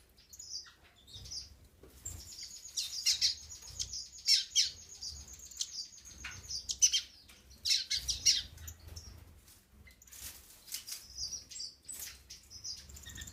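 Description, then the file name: Orange-cheeked waxbill giving high, thin chirps and twitters in uneven bursts, with a long, sustained, high whistle-like tone. "oranzevoshhekii astrild estrilda melpoda"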